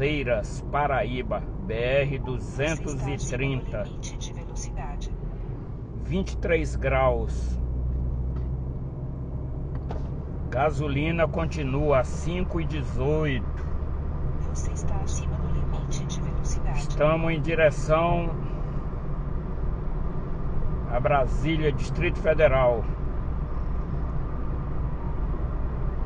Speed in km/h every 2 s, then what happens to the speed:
56, 51, 46, 50, 55, 56, 58, 60, 62, 63, 64, 65, 65.
0-4 slows to 46. 4-13 speeds up to 60. 13-26 steady at about 63.